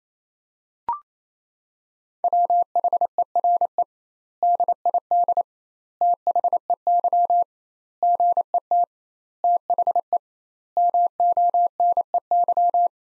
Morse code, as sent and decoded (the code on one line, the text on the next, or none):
.-- .... . .-. . / -.. .. -.. / - .... . -.-- / --. . - / - .... . / -- --- -. . -.--
WHERE DID THEY GET THE MONEY